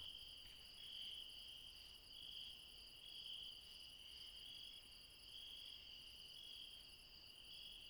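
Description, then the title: Insects singing in a steady, overlapping chorus of high, shrill trills, with several layered tones that swell and ease in slow waves. Late night, mountains, Refuge Krevatia, Barbala, Dion, Greece. "Refuge Krevatia, Μπαρμπαλά, Dion 601 00, Greece - Late night mountain insects"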